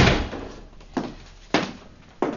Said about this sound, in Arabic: أغلق الباب.